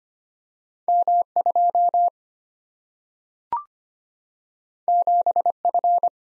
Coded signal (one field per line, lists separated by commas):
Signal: Morse code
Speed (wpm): 25 wpm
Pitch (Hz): 700 Hz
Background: none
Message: M2 7F